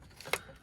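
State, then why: Seated. A plastic retaining clip is pushed up into the radio mount of a 1981 Delta 88 dash, with the radio removed. A faint tap at 0.2 s is followed by a sharp, bright click at 0.3 s. The clip seats in its mount.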